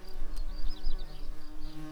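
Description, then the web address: Tree bumblebee producing a low, steady droning buzz with a fluctuating hum and faint higher wavering tones throughout. Queen tree bumblebees. "bumblebees Hypnorum-queens"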